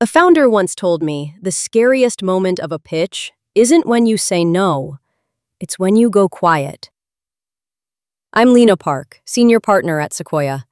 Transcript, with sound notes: A founder once told me the scariest moment of a pitch isn't when you say no. It's when you go quiet. [pause] I'm Lena Park. Senior partner at Sequoia.